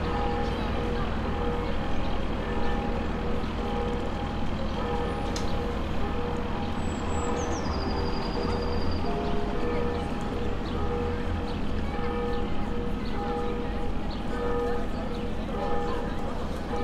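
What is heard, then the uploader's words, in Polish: Midday city sound on a riverside boulevard across from a bridge: a steady, dense rumble of traffic with low engine hum throughout. A sharp click comes near five seconds, and a high, falling squeal, likely brakes, sounds from about seven to nine seconds. Lokalizacja: Stare Miasto, Rynek. Zarejestrowane w południe na Bulwarze Xawerego Dunikowskiego, naprzeciw Mostu Piaskowego. Rekorder, mikrofon: sony pcm d50, mic rode nt4, FEL BMA preamplifier.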